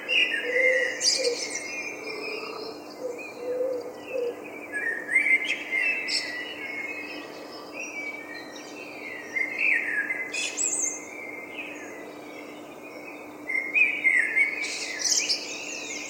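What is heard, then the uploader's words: A dawn chorus of birds in London, with several birds overlapping in quick, bright chirps and warbled phrases that rise and fall throughout. Sharper high calls burst in around 1, 6, 10 and 14 seconds, over a faint, steady low hum. The enchanting dawn chorus of birds. London Dawn Chorus.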